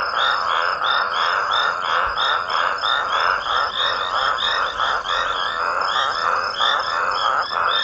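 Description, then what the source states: Many toads croaking at once, a raspy, churning wall of calls with rapid uneven beats. Several raucous toads.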